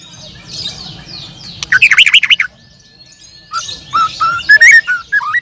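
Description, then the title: Bird song with bursts of rapid warbled notes, then clear whistled phrases rising and falling, with softer chirps at the start. "Kicau Burung"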